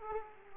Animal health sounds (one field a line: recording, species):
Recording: mosquito wingbeat signal from an infrared sensor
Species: Aedes aegypti